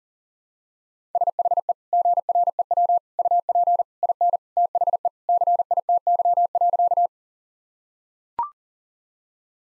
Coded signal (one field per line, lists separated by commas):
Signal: Morse code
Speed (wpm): 40 wpm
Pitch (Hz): 700 Hz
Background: none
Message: SHE GREW UP IN THE CITY.